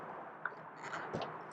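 The mechanical emergency key of a 2023–2026 Lexus RX is turned to the right in the driver's door key cylinder to unlatch the door. A sharp click of the latch releasing is heard at 0.5 s, followed by smaller, softer sounds as the door opens. The door latch releases.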